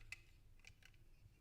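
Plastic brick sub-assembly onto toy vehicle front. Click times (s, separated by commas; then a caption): 0.1 s. A small plastic brick sub-assembly is pushed onto the front of a toy vehicle build and snaps into place with a sharp, bright click at 0.1 s. Two fainter ticks follow at about 0.7 s and 0.9 s, and the piece is seated.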